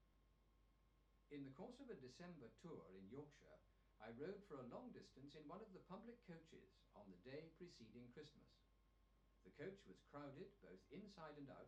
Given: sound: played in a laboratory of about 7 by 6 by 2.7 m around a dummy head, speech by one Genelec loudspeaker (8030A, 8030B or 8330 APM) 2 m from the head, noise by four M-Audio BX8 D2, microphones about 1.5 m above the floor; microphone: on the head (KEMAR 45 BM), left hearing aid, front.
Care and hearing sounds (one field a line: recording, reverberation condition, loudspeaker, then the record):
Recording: male speech in English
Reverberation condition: low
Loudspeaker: 90 degrees to the right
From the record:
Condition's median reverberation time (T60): about 310 ms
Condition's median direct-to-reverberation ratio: about 3.5 dB